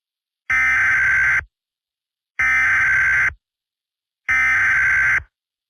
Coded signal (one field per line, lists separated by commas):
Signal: Emergency Alert System (SAME) tones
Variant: header bursts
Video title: [2024 REUPLOAD] THE LAST SEASON- EAS SCENARIO